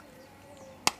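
A replacement crankshaft position sensor on a 2015 Hyundai Accent, being replaced over P0335 and P2188 codes with loss of acceleration, running rich and stalling, is lined up with the slot in its engine mounting hole and pushed in. After a quiet stretch, a single sharp, loud snap is heard at 0.9 s as the sensor seats into its slot.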